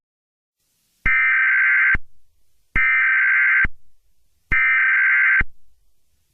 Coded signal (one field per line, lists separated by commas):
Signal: Emergency Alert System (SAME) tones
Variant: header bursts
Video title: EAS Scenario Halloween: Remastered (Clean)